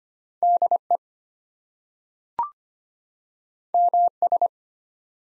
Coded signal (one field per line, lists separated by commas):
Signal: Morse code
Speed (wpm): 25 wpm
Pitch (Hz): 700 Hz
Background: none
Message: DE MS